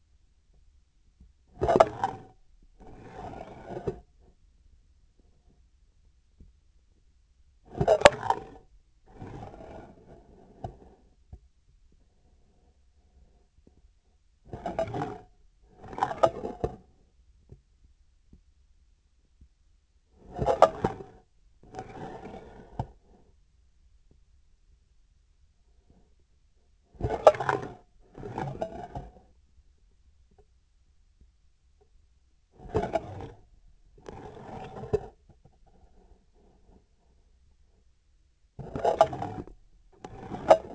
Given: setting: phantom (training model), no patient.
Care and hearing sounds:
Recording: laparoscopic instrument, vibration sensor on the handle end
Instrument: scissors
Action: approaching and retracting movements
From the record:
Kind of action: spatial motion

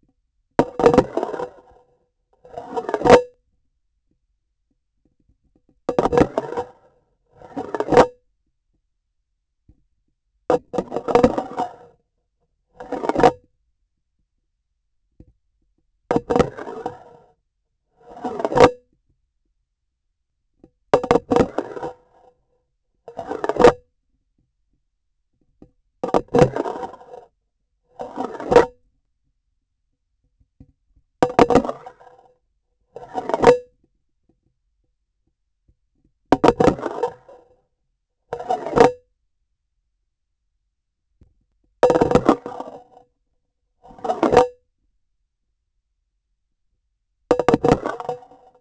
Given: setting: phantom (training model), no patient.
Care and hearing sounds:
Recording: laparoscopic instrument, vibration sensor on the handle end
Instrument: grasping forceps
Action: insertion and removal through the trocar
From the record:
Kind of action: spatial motion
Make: Olympus

